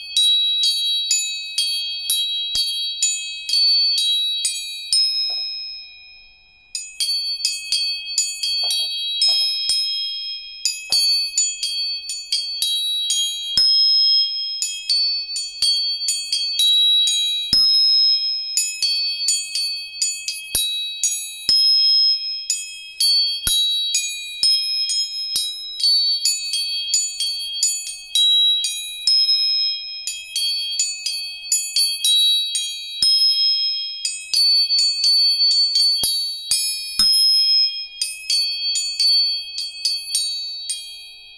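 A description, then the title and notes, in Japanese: Tuning forks struck again and again, bright high ringing tones overlapping and sustaining, with a short pause near six seconds, clear. 音叉チューニング全体性。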